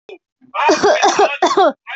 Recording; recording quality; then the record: shallow voluntary cough; poor, much background noise or distortion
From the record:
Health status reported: healthy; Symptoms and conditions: none ticked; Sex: female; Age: 22 years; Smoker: not ticked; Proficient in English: yes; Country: India